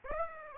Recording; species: mosquito wingbeat signal from an infrared sensor; Aedes aegypti